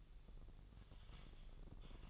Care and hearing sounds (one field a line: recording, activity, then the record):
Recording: daily activity, microphone in the room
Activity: typing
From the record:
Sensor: 4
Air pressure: 989.6 hPa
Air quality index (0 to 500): 226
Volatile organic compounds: 87 ppm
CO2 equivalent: 3660 ppm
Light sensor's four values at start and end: 26/91/33/35 and 26/91/33/35